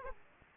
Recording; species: mosquito wingbeat signal from an infrared sensor; Aedes aegypti